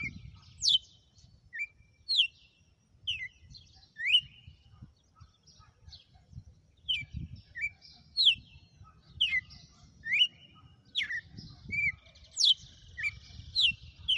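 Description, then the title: Red-cowled cardinal song: many crisp downslurred and upswept whistles repeated throughout in a steady, lively series over a light low hum. Female; song phrases described as one 'açoite' after another. "Canto Galo Campina Fêmea. Galo de campina,hj foi um açoite atrás do outro"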